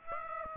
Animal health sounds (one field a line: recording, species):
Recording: mosquito wingbeat signal from an infrared sensor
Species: Aedes aegypti